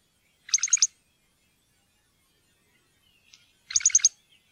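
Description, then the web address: Great grey shrike giving two fast rattling bursts of about four clipped notes each, roughly three seconds apart, with silence between. "fuglelyder- varsler"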